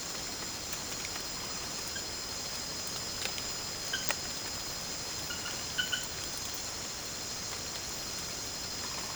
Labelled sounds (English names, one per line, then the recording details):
none
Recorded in secondary vegetation near Puerto Asís, Putumayo, Colombia, on 22 December 2024 at 19:30
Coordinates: 0.489, -76.322
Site G059